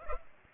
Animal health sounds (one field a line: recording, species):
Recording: mosquito wingbeat signal from an infrared sensor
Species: Culex pipiens